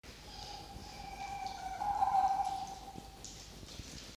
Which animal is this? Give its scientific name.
Vulpes vulpes